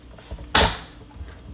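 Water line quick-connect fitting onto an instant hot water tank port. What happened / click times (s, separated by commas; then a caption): The quick-connect fitting snapped home / 0.6 s. The last quick-connect water line fitting, which has a small release switch, is pushed straight down onto its port on an Insinkerator instant hot water tank without squeezing anything. A sharp, bright snap rings out at 0.6 s and fades over about a quarter second, with a few faint soft knocks before and after. The fitting seats fully.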